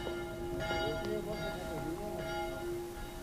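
small church bell ringing

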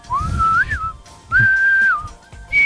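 person whistling a tune

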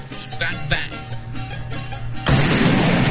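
gunshot sound effect

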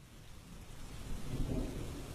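heavy pouring rain

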